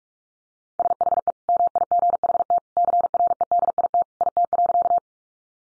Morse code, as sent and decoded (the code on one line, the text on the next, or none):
... .... . / -- .. --. .... - / -.-. .-. . -.. .. - / .. - .-.-.-
SHE MIGHT CREDIT IT.